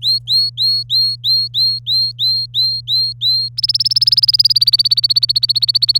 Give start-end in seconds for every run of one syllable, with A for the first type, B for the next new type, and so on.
0.02-3.48 A, 3.57-5.98 B